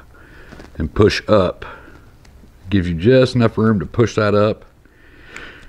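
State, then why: Released. Someone talks while the white terminal-lock cap on the back of a plastic multi-pin handlebar wiring connector is pried and pushed up, during a 2015–2023 Road Glide handlebar install. A small click at 5.4 s marks the cap reaching all the way up, which releases the terminals.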